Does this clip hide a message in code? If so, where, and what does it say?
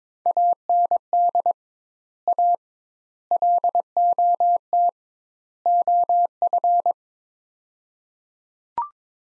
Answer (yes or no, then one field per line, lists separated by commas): yes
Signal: Morse code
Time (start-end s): 0.3-6.9 s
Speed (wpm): 22 wpm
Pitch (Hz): 700 Hz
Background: none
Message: AND A LOT OF